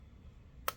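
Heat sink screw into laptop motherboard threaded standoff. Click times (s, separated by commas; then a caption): 0.7 s. A heat sink screw on a Lenovo Legion 5 Pro 16ITH6 laptop is twisted backwards against its threaded standoff on the motherboard. After a quiet stretch of faint background noise, a single sharp click at 0.7 s marks the screw dropping into the start of its thread, seated and ready to tighten.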